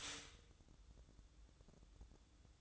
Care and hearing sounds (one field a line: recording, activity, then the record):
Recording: daily activity, microphone in the room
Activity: stop toaster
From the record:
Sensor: 3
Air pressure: 1007.1 hPa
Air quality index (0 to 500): 53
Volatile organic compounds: 1 ppm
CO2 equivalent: 587 ppm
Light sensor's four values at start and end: 8/19/8/8 and 8/19/8/8